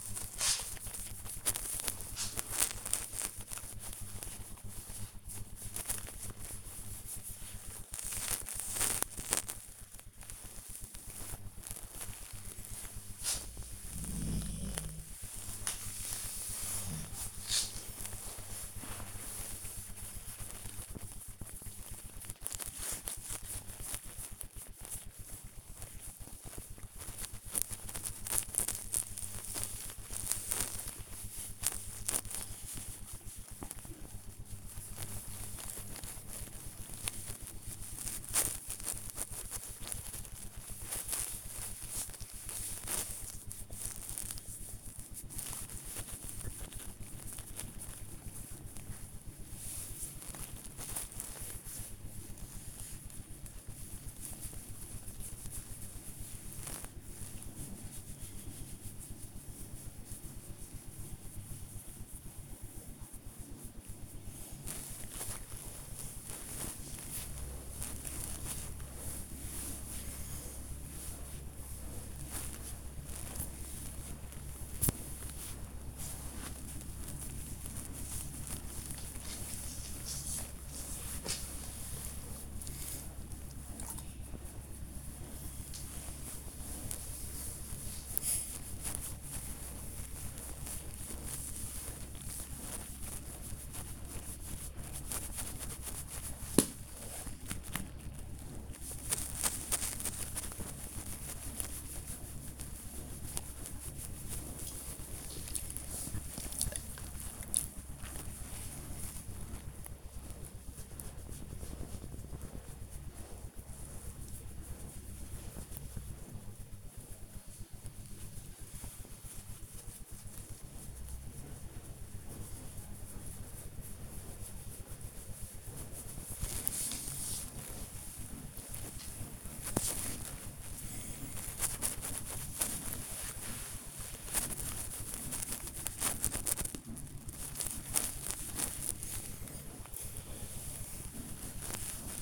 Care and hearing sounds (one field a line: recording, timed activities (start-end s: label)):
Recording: household activities, microphone on the right wrist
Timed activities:
0.00-121.74 s: petting the dog
124.77-142.22 s: petting the dog